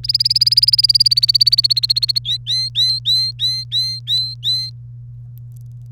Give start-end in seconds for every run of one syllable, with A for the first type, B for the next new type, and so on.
0.04-2.18 A, 2.25-4.70 B